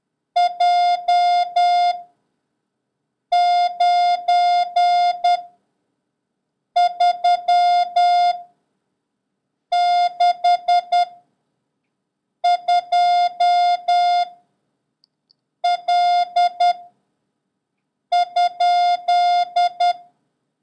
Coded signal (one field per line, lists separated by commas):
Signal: Morse code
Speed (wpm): 10 wpm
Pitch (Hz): 710 Hz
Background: none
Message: J 9 3 6 2 L ?